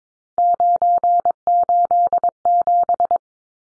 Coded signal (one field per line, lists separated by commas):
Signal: Morse code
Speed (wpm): 22 wpm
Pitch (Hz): 700 Hz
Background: none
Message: 987